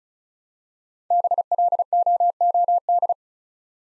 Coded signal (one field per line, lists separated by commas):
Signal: Morse code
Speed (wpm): 36 wpm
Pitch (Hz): 700 Hz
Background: none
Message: BLOOD